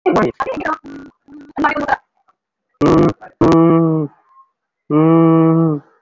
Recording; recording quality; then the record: sustained vowel as in made; poor, much background noise or distortion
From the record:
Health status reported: recovered from COVID-19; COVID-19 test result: positive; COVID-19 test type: RT-PCR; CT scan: not taken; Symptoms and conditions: cough, cold, sore throat, fatigue, muscle pain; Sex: male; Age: 37 years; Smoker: no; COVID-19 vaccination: both doses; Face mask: worn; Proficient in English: yes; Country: India